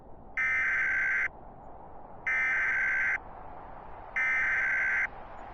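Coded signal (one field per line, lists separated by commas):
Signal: Emergency Alert System (SAME) tones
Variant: header bursts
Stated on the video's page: Simulated EAS nuclear disaster scenario for New York state.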